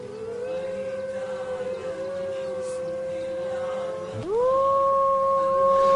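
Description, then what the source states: Wolf howling, a long smooth steady tone that dips, then sweeps sharply upward into a higher sustained howl held to the end. Black wolf raised from a pup by a man, now grown, large and strong, howling from the other side.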